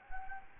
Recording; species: mosquito wingbeat signal from an infrared sensor; Anopheles gambiae